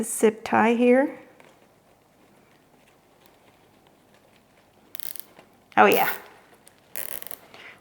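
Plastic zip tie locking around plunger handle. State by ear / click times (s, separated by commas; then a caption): seated / 7.0 s, 7.1 s, 7.2 s, 7.3 s. Someone talks while a plastic zip tie is pulled tight around a plunger handle to reinforce a topiary tree, with a brief run of sharp clicks near 5.0–5.2 s. The tie's pawl then ratchets over its teeth in a fast run of clicks at 7.0, 7.1, 7.2, 7.2, 7.3 and 7.3 s. The zip tie locks tight and is seated, the clicking showing it is secure.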